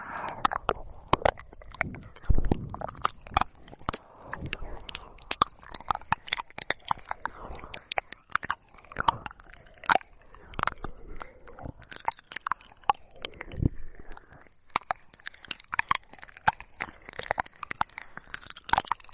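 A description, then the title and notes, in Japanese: Mouth sounds: dense, irregular clicks and crunchy snaps, like chewing or biting. Sharp bright taps come several times a second throughout, over soft wet smacking and a faint low murmur, with a few louder bursts near the start. 口腔音刺激助眠解压。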